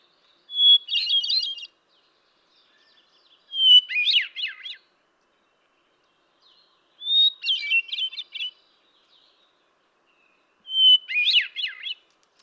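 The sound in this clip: Hermit thrush song, four phrases, each a long clear opening whistle then a rapid flute-like ripple, repeated a few seconds apart in quiet surroundings.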